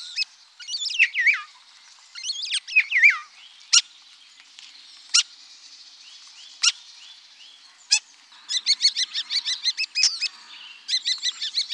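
Common starling song: slurred descending whistles and single sharp clicks, ending in a rapid series of repeated rattling notes.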